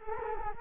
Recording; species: mosquito wingbeat signal from an infrared sensor; Culex quinquefasciatus